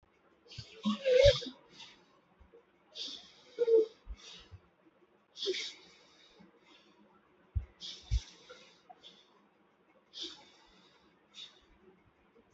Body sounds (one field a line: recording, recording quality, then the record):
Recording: deep breathing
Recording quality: moderate, slight background noise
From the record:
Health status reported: healthy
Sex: male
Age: 59 years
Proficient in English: yes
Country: India